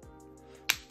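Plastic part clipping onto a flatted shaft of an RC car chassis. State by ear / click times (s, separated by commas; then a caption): seated / 0.7 s. During assembly of a Tamiya Opel Kadet GT/E RC car on an MB-01 chassis, a plastic part is pushed onto a shaft with two flat sides. Over a steady, low, music-like tonal background with a faint tick near the start, a single sharp, loud snap rings out at 0.7 s as the part clips home. It is confirmed seated and fine.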